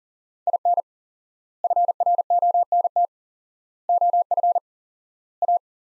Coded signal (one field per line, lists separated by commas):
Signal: Morse code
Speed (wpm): 40 wpm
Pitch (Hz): 700 Hz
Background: none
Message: IN FRONT OF A